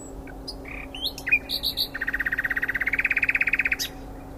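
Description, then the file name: Common nightingale song: a few sharp whistled notes, then a fast, even buzzy trill of about twenty rapid pulses that swells and stops abruptly, over a faint steady hum. "Luscinia megarhynchos"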